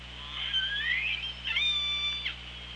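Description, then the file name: Orca calls: a bending, upward-sweeping tonal call followed by a steadier, harmonic-rich call ending in an abrupt drop, over a constant low electrical hum. OrcaLab hydrophone, 24 August 2017, 15:53:33. "Orca Lab JASON 20170824 155333"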